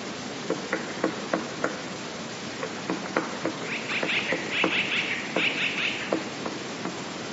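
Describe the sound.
Eurasian blue tit giving short clusters of rapid, high, scratchy notes in the second half, repeated three times, with irregular dry clicks throughout and a constant background hiss.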